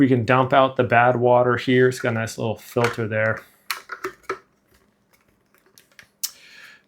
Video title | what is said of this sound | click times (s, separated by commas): Uwant D100 Push-in Wet Dry Vacuum Cleaner – Powerful 18,000 kPa Suction & 180° Unboxing & Review | Okay, that just snaps back into place. | 3.7 s